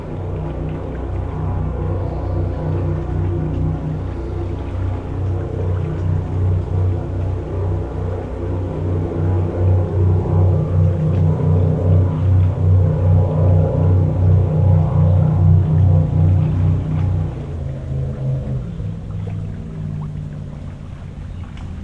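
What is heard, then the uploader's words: A fishing boat engine drones steadily with a low, pulsing rumble that swells louder from about seven to seventeen seconds, then drops in pitch and fades. The engine note holds stacked low tones throughout, with faint lapping of small waves underneath. We can hear small waves along the nearby shore, but internal combustion engines dominate this otherwise quiet environment. Recorded with an Audio-Technica BP4025 stereo microphone and a Tascam DR-70D recorder.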